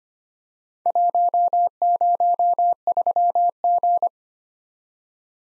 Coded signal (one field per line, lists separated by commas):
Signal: Morse code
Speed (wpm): 31 wpm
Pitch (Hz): 700 Hz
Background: none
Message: 103G